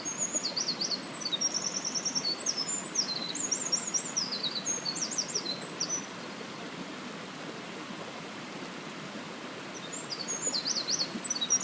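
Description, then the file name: Eurasian wren singing a long, fast, high-pitched phrase of ringing trills and chattering notes for about six seconds, pausing, then starting another burst. "misosazai"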